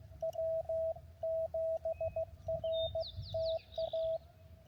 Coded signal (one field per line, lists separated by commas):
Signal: Morse code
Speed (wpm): 15 wpm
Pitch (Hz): 650 Hz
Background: radio noise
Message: W7RTA